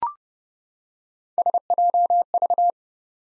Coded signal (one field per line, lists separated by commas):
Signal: Morse code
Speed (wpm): 32 wpm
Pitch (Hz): 700 Hz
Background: none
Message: SJV